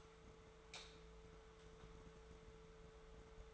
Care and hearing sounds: daily activity, microphone in the room; light on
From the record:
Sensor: 3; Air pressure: 1014.7 hPa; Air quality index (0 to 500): 193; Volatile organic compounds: 24 ppm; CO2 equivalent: 2816 ppm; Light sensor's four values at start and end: 40/100/43/46 and 42/108/46/49

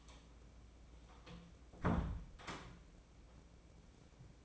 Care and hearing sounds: daily activity, microphone in the room; close door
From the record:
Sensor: 1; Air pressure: 1012.4 hPa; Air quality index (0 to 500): 165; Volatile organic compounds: 3 ppm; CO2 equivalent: 1354 ppm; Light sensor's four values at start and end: 798/1705/806/911 and 809/1728/816/922

